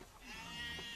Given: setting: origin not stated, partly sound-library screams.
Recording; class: one-second piece from a danger detection set; normal situation